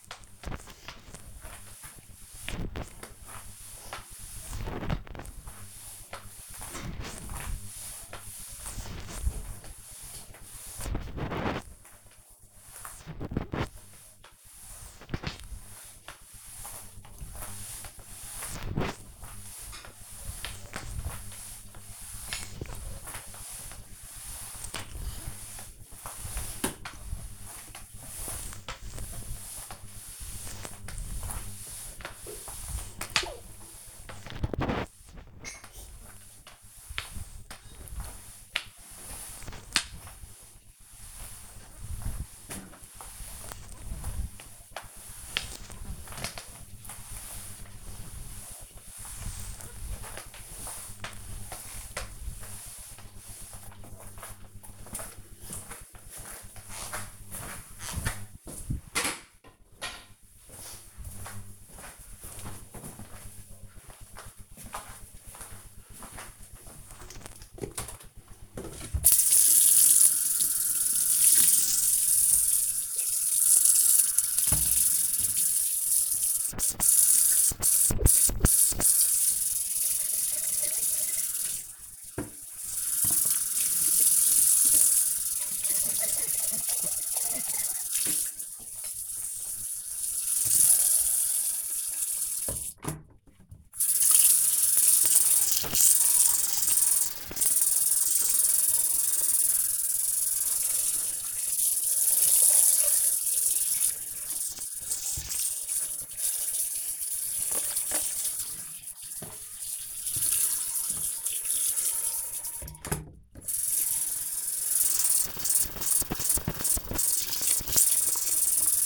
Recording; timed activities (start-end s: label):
household activities, microphone on the right wrist
0.00-54.04 s: floor cleaning
67.16-118.86 s: washing dishes